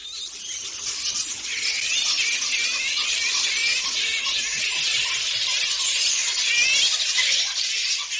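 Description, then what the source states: Flying foxes chattering: a dense, continuous mass of high, squealing and scratchy calls throughout. Colony chattering in the trees at night, the bats talking to each other about who gets the best fruit and flowers.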